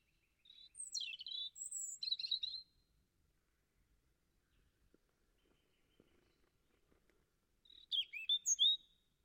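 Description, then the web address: European robin singing two brief high, tinkling phrases of thin whistles and twittery notes, separated by about five seconds of near silence. "Deverinetal 2025"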